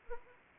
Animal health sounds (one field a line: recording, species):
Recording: mosquito wingbeat signal from an infrared sensor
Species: Anopheles arabiensis